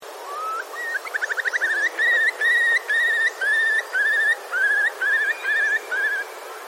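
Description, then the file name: Eurasian curlew calling: a rising whistle, then a quick bubbling run of notes, then a steady series of clear, slurred, upward-inflected whistles about twice a second. "daishaku"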